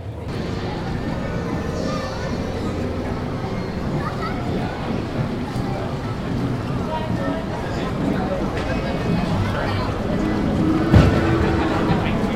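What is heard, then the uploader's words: A busy theme park crowd fills the scene with a dense, steady wash of overlapping voices and chatter, mostly low and mid-toned. A faint mechanical rumble runs underneath, and a short sharp clank stands out near the eleventh second. Universal Islands of Adventure audio journey. The amazing sounds that come from a Theme Park.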